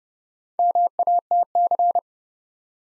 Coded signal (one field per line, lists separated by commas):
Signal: Morse code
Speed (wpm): 30 wpm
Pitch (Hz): 700 Hz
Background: none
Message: MATC